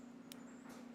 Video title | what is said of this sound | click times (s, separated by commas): LIVE Developing 35mm Color Film | I heard the click. | 0.3 s